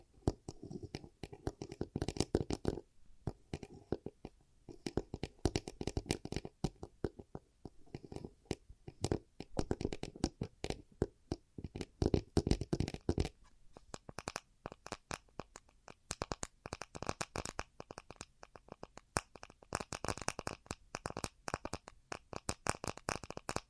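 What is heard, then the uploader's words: A rapid string of ASMR triggers: dense, crisp tapping and crackling clicks with hand sounds, packed close together throughout. The first half has fuller, lower-bodied taps; after about 14 seconds the sounds turn lighter and brighter, with a faint steady tone beneath. ASMR 100+ Hypnotizing Triggers.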